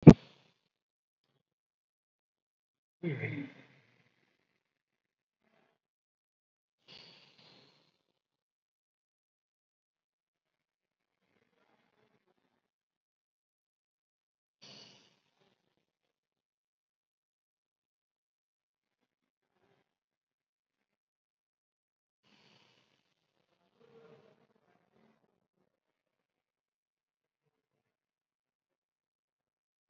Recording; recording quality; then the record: deep breathing; moderate, slight background noise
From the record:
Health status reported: COVID-19 positive, moderate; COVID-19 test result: positive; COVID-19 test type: RT-PCR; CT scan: not taken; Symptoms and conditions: cough, cold, breathing difficulty, fatigue, muscle pain, diabetes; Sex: male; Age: 53 years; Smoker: no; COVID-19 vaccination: one dose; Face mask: worn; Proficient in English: no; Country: India